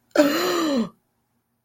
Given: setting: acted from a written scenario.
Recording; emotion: vocal sound without words; embarrassment